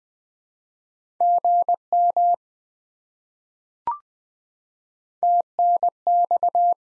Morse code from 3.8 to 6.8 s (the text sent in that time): TNX